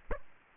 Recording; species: mosquito wingbeat signal from an infrared sensor; Aedes aegypti